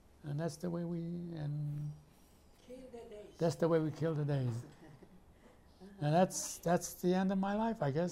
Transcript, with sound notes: And that's the way we — and —
Kill the days.
That's the way we kill the days.
[chuckles] Uh-huh.
And that's — that's the end of my life, I guess.